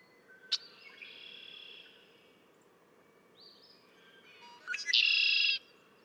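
Red-winged blackbird song, a short note leading into a harsh buzzing trill near the end, after a sharp click and fainter songs earlier on.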